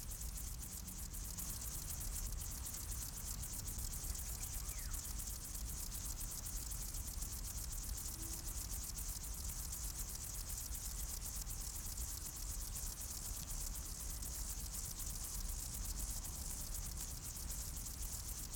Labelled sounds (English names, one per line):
Upland Field Grasshopper stridulation